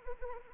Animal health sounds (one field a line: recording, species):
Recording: mosquito wingbeat signal from an infrared sensor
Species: Anopheles arabiensis